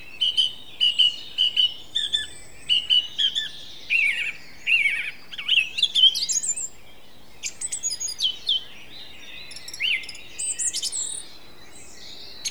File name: Song Thrush